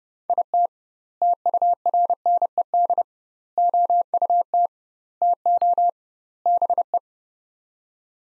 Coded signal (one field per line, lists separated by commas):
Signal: Morse code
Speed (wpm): 30 wpm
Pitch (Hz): 700 Hz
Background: none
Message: IT TURNED OUT TO BE